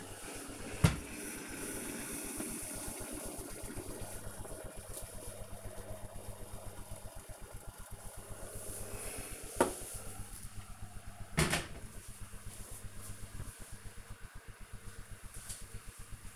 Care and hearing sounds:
household activities, microphone on the right wrist
0.00-11.54 s: making tea

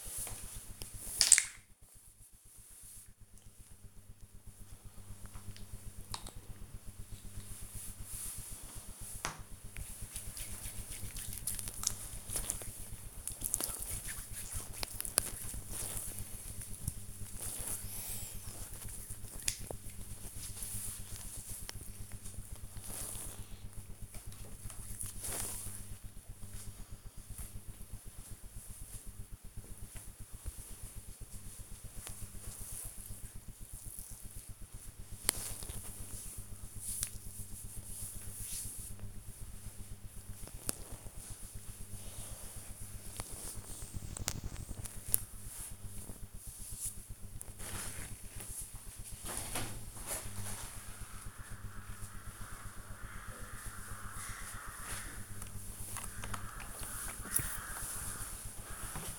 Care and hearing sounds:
household activities, microphone on the right wrist
0.00-23.86 s: cream hands
47.03-59.19 s: window cleaning

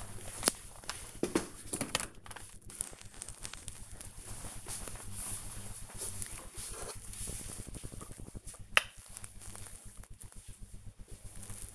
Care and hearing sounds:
household activities, microphone on the right wrist
5.68-11.75 s: cream hands

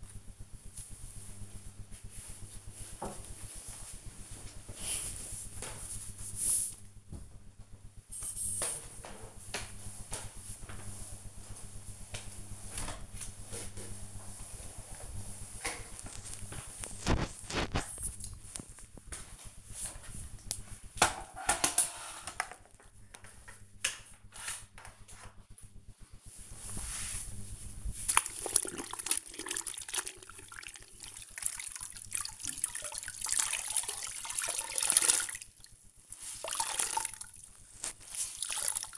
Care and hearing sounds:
household activities, microphone on the right wrist
6.89-38.98 s: floor cleaning

